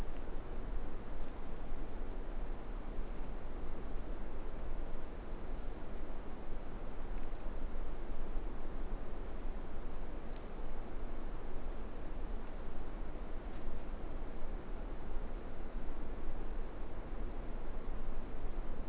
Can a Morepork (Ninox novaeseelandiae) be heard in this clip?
no